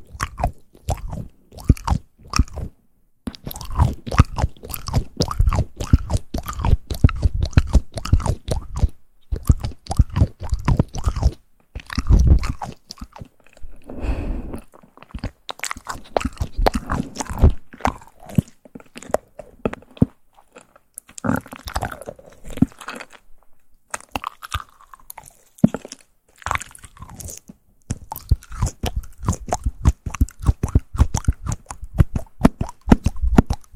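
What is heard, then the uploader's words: Soft mouth sounds come in quick, irregular clicks and wet smacks, packed densely through most of the clip with brief silent gaps. Around the middle and near the end there are slower, breathier stretches with some low murmuring, and short crunchy bursts resembling chewing. ASMR Soft Mouth Sounds.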